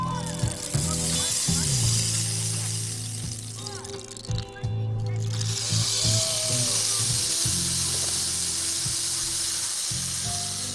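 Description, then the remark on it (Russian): A rain stick made of hogweed pours out a steady, dense hiss of tiny pattering grains, like falling rain, loud and continuous, with a brief lull around the middle before the rushing resumes. “Это удивительный посох дождя с удивительным целительным звучанием.”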